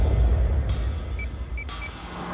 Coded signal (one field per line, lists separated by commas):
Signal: none